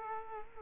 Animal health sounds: mosquito wingbeat signal from an infrared sensor; Culex quinquefasciatus

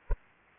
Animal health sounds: mosquito wingbeat signal from an infrared sensor; Anopheles arabiensis

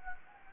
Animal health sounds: mosquito wingbeat signal from an infrared sensor; Anopheles gambiae

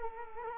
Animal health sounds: mosquito wingbeat signal from an infrared sensor; Culex quinquefasciatus

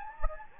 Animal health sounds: mosquito wingbeat signal from an infrared sensor; Anopheles gambiae

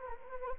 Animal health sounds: mosquito wingbeat signal from an infrared sensor; Anopheles arabiensis

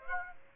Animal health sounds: mosquito wingbeat signal from an infrared sensor; Aedes aegypti

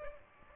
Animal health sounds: mosquito wingbeat signal from an infrared sensor; Aedes aegypti

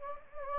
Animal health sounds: mosquito wingbeat signal from an infrared sensor; Anopheles gambiae

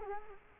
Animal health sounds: mosquito wingbeat signal from an infrared sensor; Culex quinquefasciatus

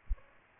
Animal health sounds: mosquito wingbeat signal from an infrared sensor; Aedes aegypti

